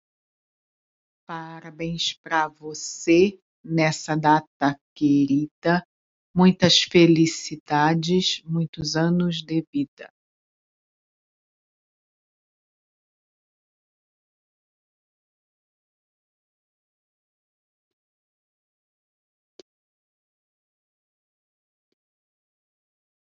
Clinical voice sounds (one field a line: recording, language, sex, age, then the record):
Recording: short text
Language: Brazilian Portuguese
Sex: female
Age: 50 to 59 years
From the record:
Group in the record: control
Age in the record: 52 years